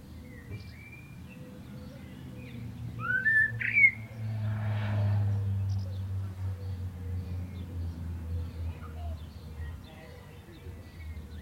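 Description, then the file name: Common blackbird song, a single short fluted phrase rising into a squeak, with road traffic rumbling through. "Turdus merula"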